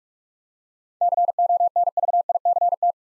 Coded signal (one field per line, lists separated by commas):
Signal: Morse code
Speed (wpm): 44 wpm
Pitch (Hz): 700 Hz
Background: none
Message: CONVICT